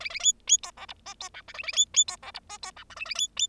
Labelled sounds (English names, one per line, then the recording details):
Bengalese Finch song
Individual Bird0